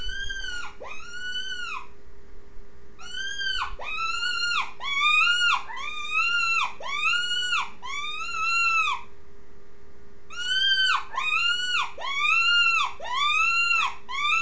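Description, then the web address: Rabbit squeals in long rapid runs of arched harmonic cries, roughly one per second, broken by two short silences, with a steady background hum. "wild-game-downloads rabbits"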